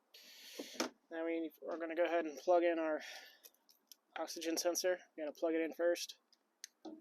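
On a 2013–2017 Honda Accord during a valve cover gasket replacement, the oxygen sensor's plastic electrical connector is handled as it is about to be plugged into its mating harness plug. Someone talks over a few faint ticks and handling sounds. Nothing has seated or clicked yet.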